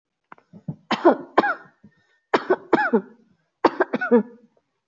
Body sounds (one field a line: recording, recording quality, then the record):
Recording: shallow voluntary cough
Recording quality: excellent, no background noise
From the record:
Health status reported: healthy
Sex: female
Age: 44 years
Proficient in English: yes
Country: India